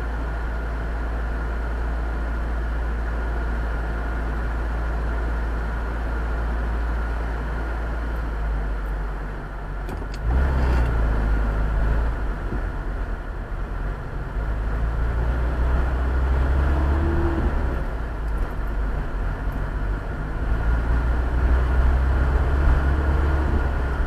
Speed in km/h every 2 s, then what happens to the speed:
0, 0, 0, 0, 0, 0, 8, 12, 15, 15, 18, 24.
0-10 standing. 10-24 pulls away to 24.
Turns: none.